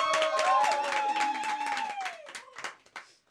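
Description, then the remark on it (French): A small group applauds themselves, bursting into dense clapping with voices whooping and calling out over it, the applause thinning into a few scattered claps before fading away. “On s'applaudit parce que c'est.”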